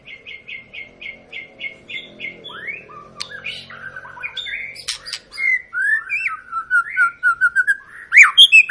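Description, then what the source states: White-rumped shama song: repeated even whistled notes at first, then a varied run of sweeping whistles and chattering notes growing louder toward the end. Long, lively lure song of a white-rumped shama, used to prompt other birds to sing.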